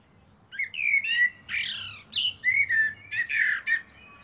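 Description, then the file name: Common blackbird song: mellow fluted whistles mixed with harsher, rasping, squeaky twitters. "Turdus merula"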